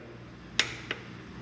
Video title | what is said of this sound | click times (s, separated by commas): Decision day for the Volvo 140: sell or keep?? and some help from@AreaDieselService | gotta listen for a click you ready | 0.6 s